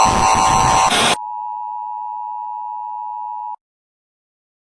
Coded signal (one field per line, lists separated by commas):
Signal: Emergency Alert System (SAME) tones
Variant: 853 and 960 Hz attention tone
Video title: Rating EAS Alarms 6 Deleted Scene